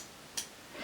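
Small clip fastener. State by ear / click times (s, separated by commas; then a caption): seated / 0.4 s. A plastic or zamak swimsuit back clasp of the clip-together type is pushed shut, its hook snapping into the mating half. A single sharp click at 0.4 s stands out over faint background hiss, and the clasp is seated.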